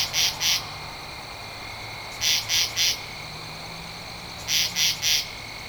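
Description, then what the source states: Katydid rasps in pulse groups of two, then three, then three, repeating about every two seconds. Recorded 2 October 2012.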